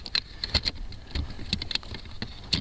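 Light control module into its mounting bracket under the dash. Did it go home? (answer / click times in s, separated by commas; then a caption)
no / none. A repaired light control module from a 1996 Buick is handled as it is tucked up behind the dash panel near the accelerator pedal, toward its mounting bracket under the dash. Several short plastic knocks are heard, the sharpest at about 0.2, 0.7, 1.8 and 2.5 seconds. The module has not snapped into place yet; nothing has seated.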